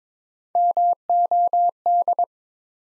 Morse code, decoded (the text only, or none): MOD